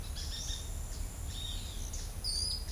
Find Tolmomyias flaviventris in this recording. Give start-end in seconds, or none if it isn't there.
2.24-2.57